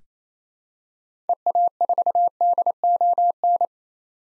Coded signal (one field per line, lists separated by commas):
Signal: Morse code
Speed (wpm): 27 wpm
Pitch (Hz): 700 Hz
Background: none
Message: EA4DON